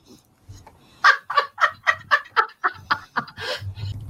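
An English bulldog gives a rapid run of short, pig-like snorts, about ten bursts in quick succession.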